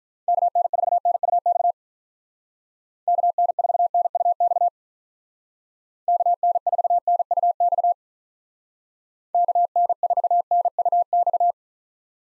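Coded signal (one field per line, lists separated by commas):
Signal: Morse code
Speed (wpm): 45 wpm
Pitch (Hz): 700 Hz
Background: none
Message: KN4NUX KN4NUX KN4NUX KN4NUX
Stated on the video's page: Call sign practice in Speed-Racing format, starting at 1.5 times base speed and slowing to base; final repeat sent once at maximum speed.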